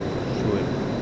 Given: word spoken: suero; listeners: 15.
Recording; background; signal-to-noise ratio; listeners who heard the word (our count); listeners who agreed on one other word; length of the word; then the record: one Spanish word in noise, from a listening test; speech-shaped noise; -5.3 dB; 0 of 15; 10 of 15; 0.62 s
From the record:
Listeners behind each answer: 10, 2, 1, 1, 1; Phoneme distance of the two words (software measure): 10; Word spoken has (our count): 2 syllables, 5 phonemes, stress on syllable 1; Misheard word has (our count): 2 syllables, 5 phonemes, stress on syllable 1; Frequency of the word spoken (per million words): 5.22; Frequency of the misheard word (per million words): 134.80